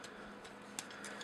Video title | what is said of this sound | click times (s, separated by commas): Toy Review - Fansproject Function-X1 Code | and boom those will just clip together | 0.8 s